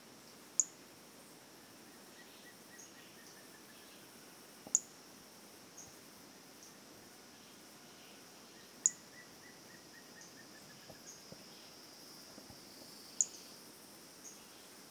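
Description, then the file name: Brachycephalus albolineatus calling: single short, very high-pitched chirps repeated about every four seconds, with a steady high drone and a faint series of notes behind. Individual 19, unvouchered. "Brachycephalus albolineatus individual 19 unvouchered"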